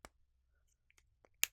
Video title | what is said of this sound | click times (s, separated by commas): Refilling your CANON PRO 100? This is exactly what you will need! | And you hear a click. | 1.4 s